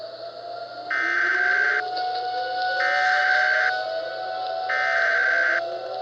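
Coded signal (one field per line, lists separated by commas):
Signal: Emergency Alert System (SAME) tones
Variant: header bursts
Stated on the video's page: Fictional EAS scenario.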